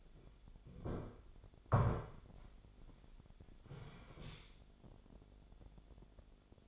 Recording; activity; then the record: daily activity, microphone in the room; sit down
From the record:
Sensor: 5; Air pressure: 1007.9 hPa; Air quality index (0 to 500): 153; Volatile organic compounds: 3 ppm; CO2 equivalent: 1471 ppm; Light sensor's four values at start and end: 56/159/61/61 and 56/159/61/61